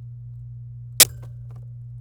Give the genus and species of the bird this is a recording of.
Serinus canaria